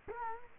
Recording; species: mosquito wingbeat signal from an infrared sensor; Culex quinquefasciatus